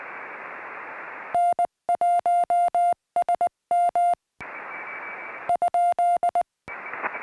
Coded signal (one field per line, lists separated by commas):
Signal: Morse code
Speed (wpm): 19 wpm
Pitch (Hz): 700 Hz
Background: music, radio noise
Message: N1SM ?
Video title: My SOTA Paddles